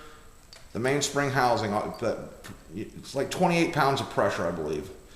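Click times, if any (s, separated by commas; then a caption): none. A metal mainspring housing is being handled at the steel frame of a Springfield 1911 A1 pistol under heavy spring pressure, with the assembly tool that comes with the pistol about to be pulled so the pressure goes onto the sear. Someone talks over a faint background. Nothing has seated or clicked yet.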